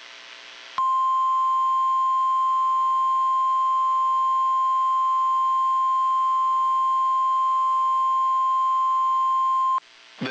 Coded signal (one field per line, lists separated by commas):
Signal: Emergency Alert System (SAME) tones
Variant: 1050 Hz attention tone